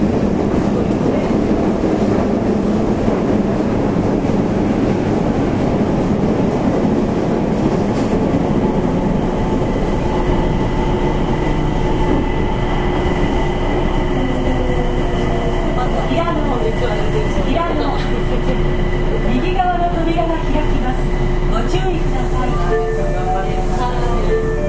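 A subway train runs with a dense, steady low rumble and a sustained motor whine, with faint squeals rising and falling toward the end.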